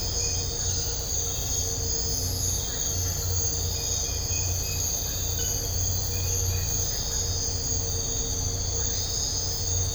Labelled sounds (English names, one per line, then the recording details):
none
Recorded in dense forest near Puerto Asís, Putumayo, Colombia, on 4 March 2025 at 05:00
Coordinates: 0.468, -76.322
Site GP01